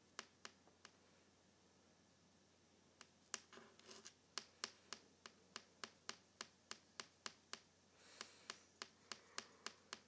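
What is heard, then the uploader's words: A paperclip taps on a table in sharp, clicky strikes. A few taps open the clip, then after a pause near three seconds they return in a steady, fairly quick rhythm, with faint scraping and rustling between some of them. ASMR Tapping a Paperclip on my Table.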